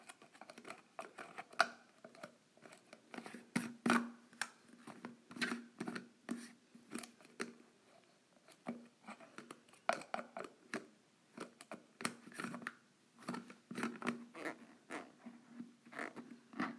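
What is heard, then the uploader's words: A lid is unscrewed in a long run of short, dry scraping clicks and grinding twists, repeating irregularly with brief pauses throughout. ASMR Lid Unscrewing.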